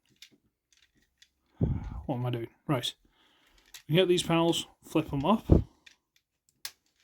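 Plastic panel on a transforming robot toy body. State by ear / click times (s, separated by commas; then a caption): seated / 6.7 s. Plastic panels on a Transformers Earthrise Leader Class Doubledealer robot toy are flipped up and pushed into place while someone talks, with faint small clicks and taps in between. A sharp, loud hit at 6.7 s marks a panel locking into position on the toy's body.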